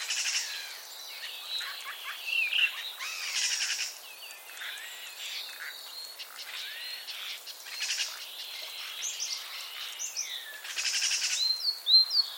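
Common starling song with bursts of harsh buzzy rattles between wheezy slurred whistles and clicks, ending on sharp high squeaks.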